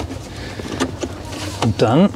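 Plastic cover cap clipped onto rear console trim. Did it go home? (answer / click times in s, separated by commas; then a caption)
no / none. A clipped plastic cover cap is lined up on the rear console trim of a Tesla Model 3/Y while a rear media display is being installed, not yet pressed home. Light plastic handling and rustling sit over a low, steady hum as someone talks. Nothing has seated or clicked yet.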